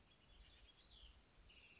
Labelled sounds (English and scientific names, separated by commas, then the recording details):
House Wren (Troglodytes aedon)
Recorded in Sonoma County, California